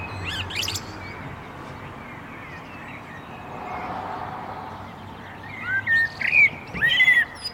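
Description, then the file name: Common blackbird song: a brief fluted, warbled phrase near the end over a broad rumble like passing traffic, with a few scratchy sounds at the start. "Turdus merula"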